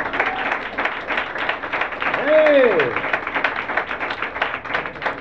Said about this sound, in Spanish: Den un aplauso al Señor, que vamos en alas de águila.